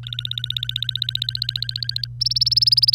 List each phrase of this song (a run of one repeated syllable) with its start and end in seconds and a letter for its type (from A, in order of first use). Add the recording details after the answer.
0.03-2.07 A, 2.21-2.95 B. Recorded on 25 April 2018 at 09:21. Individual llb3